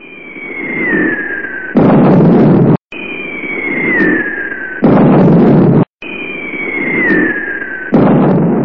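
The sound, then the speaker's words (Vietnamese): Warplanes roar low overhead at night while bombs fall on a village. Three times, a high whistle slides downward over a low rumble and ends in a loud, crackling explosion very close by, with short gaps between the blasts. “Có tiếng máy bay sát sàn sạc trên đầu Tần, đất dậy lên.”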